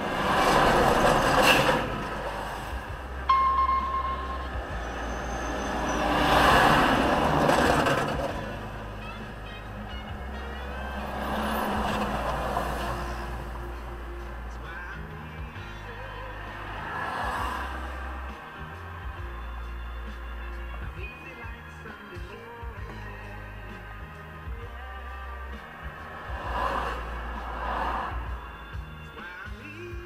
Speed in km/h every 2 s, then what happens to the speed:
0, 0, 0, 0, 0, 0, 0, 0, 0, 0, 0, 0, 0, 0, 0.
0-30 standing.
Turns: none.